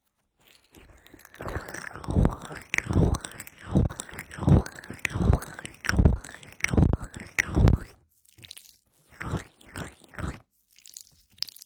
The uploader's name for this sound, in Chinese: 芦荟胶黏液の放松按摩